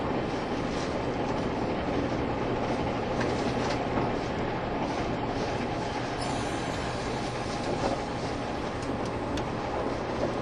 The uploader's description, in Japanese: 吊り掛け駆動独特のモーター音を唸らせながら爆走しています